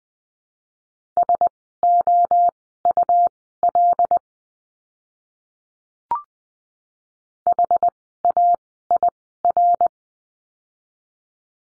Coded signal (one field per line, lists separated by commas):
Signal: Morse code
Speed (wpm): 20 wpm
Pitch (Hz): 700 Hz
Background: none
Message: SOUL HAIR